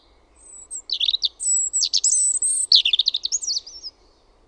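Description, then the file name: European robin delivering a tumbling run of high, liquid trills and fine whistled notes. "PUNARINTA"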